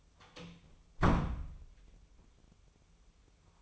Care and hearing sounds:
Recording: daily activity, microphone in the room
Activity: close door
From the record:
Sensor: 1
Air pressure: 1005.0 hPa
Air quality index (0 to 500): 93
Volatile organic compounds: 2 ppm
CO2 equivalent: 1269 ppm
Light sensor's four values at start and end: 10/25/10/11 and 10/25/10/10

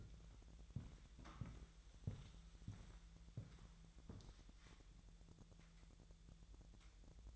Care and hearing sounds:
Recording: daily activity, microphone in the room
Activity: walk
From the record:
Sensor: 3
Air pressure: 1002.0 hPa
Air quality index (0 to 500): 242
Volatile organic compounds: 110 ppm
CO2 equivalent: 3817 ppm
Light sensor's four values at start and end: 8/20/8/9 and 8/19/8/8

